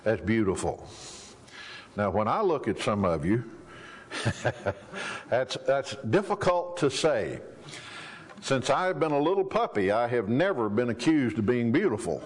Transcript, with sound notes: as beautiful. Now, when I look at some of you, (chuckle) that’s difficult to say. Since I’ve been a little puppy, I have never been accused of being beautiful.